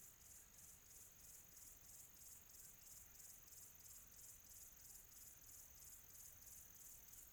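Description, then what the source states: Cricket chirping in rapid, evenly pulsed bursts, high and steady. Quiet tropical atmosphere.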